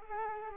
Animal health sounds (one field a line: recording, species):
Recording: mosquito wingbeat signal from an infrared sensor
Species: Culex quinquefasciatus